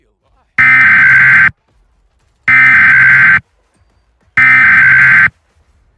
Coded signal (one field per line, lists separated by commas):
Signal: Emergency Alert System (SAME) tones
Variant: header bursts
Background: speech